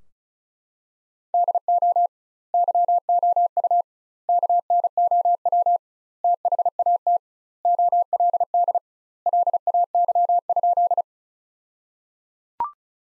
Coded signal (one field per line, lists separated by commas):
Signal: Morse code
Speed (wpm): 34 wpm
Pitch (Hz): 700 Hz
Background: none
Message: DO YOU KNOW THAT OLD LAY?